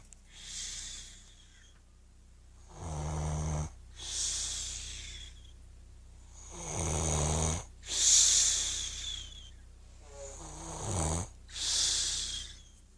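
An adult sleeper snoring: low-pitched rattling snores on the in-breaths, alternating with breathy, hissing out-breaths.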